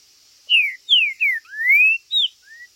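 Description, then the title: Green-winged saltator song: a loud phrase of falling whistled notes, then one long rising slur, another falling note and a quieter closing whistle, over a faint high hiss. Chirping, singing and territorial calling in a contest. "TRINCA Piando, Cantando E Macheando Na DISPUTA"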